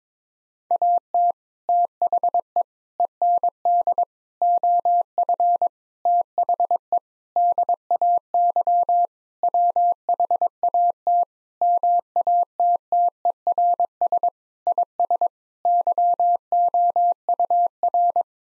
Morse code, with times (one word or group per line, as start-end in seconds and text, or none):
0.7-1.3 AT
1.7-2.6 THE
3.0-4.0 END
4.4-5.7 OF
6.1-7.0 THE
7.4-9.1 DAY
9.4-11.2 WHAT
11.6-14.3 MATTERS
14.7-15.3 IS
15.7-18.2 YOUR